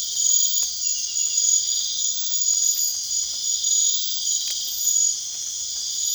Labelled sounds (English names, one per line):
none